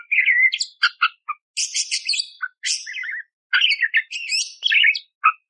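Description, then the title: Budgerigar warble with a whistled opening note, then fast scratchy chirps, harsh buzzes and squeaky notes running almost without pause. Masteran recording for training songbirds: clear, energetic, rough shot-like fill phrases, suited to tutoring magpie-robins; one hour long. "Masteran Burung Parkit Gacor Jernih Full Isian Tembakan Kasar Cocok Buat Kacer"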